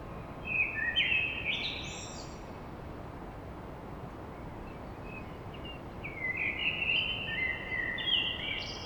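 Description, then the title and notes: Common blackbird singing two fluty phrases, each finishing with high-pitched twittering, separated by a pause filled with a constant background roar. Blackbird song at dawn in Paris. "Blackbird Poetry At Paris On. Enregistrement d'un chant de merle à l'aube dans Paris"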